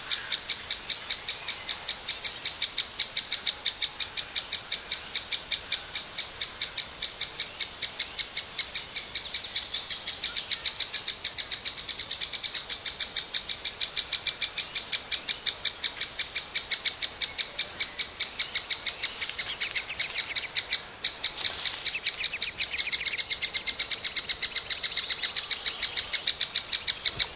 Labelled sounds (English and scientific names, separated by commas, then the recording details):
Lesser Spotted Woodpecker (Dendrocopos minor)
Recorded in the wild
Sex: diverse
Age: diverse
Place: Mühlenbecker Land, OT Summt, Brandenburg, DE
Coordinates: 52.6931, 13.3619
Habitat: garden
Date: 1983-06-04 12:56
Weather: overcast, 18-26°C, light winds
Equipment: Nagra SN, Kopie Uher 4000 Monitor Report
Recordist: Tembrock, Günter
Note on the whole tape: Kieferngrund (Grundstück), Erlenstammrest. Alttiere und Junge: Rufe am Nest (auf Beobachter bezogen)